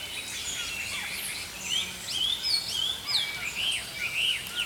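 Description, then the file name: Songbirds giving bright rising and falling whistles and quick chirps, growing louder toward the end, with steady background hiss. Early morning. "Healing Power Natural Sounds Oasis - Early Morning Songbirds"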